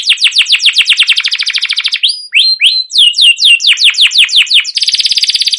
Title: CUIT CUIT NGEROL LANGSUNG GACOR PANJANG Kenari Ini AMPUH utk Pancingan KENARI PAUD BELAJAR BUNYI